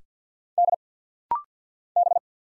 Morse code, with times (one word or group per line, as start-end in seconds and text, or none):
0.6-0.7 D
2.0-2.2 B